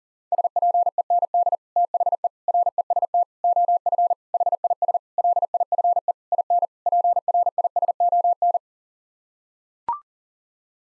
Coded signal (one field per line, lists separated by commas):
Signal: Morse code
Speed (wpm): 40 wpm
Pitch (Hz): 700 Hz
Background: none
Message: SPEND THE REST OF HIS LIFE IN PRISON